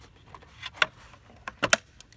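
A fish finder display is set into the grooves of its quick-disconnect mount bracket and pushed until it pops right in. Sharp snaps at 0.8 s and 1.7 s, among softer taps and plastic handling noises, mark it seating into the mount.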